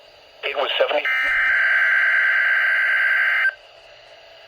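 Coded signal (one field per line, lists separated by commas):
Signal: Emergency Alert System (SAME) tones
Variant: header bursts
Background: speech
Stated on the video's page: NOAA Weather Radio required weekly test from station in Baltimore, MD, received on a Midland WR120EZ weather radio.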